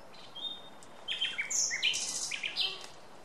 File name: Luscinia megarhynchos